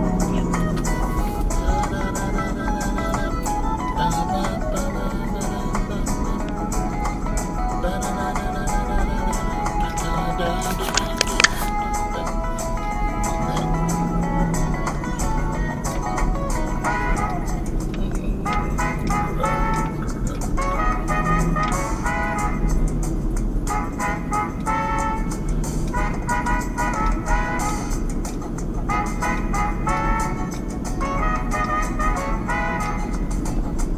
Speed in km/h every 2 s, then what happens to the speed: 47, 47, 44, 42, 40, 39, 34, 35, 37, 39, 40, 40, 40, 42, 42, 42, 42.
0-12 slows to 34. 12-19 speeds up to 40. 19-34 steady at about 42.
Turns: none.